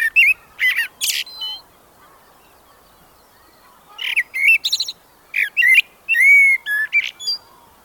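Blackbird song: mellow, fluted whistled phrases ending in high, scratchy twitters, in three bursts separated by pauses of silence.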